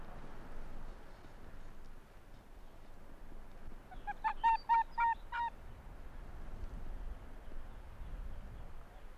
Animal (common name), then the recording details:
Arctic Fox. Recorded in the wild. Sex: male. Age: adult. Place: Insel Mednyi, Kommandeur-Inseln, RU. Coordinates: 54.5167, 168.083. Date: 1999-07-15 17:57. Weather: Nebel, 7°C, schwacher Nordwind. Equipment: Sony WM-D6C, Sennheiser ME 80, K 30 AV, Windkorb, Kopie Tascam DA 30. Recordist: Jakupi, Antje